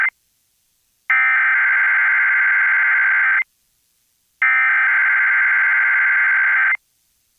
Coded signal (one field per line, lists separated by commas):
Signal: Emergency Alert System (SAME) tones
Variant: header bursts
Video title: [EAS] WQDR - 2024 NC Statewide Tornado Drill/RMT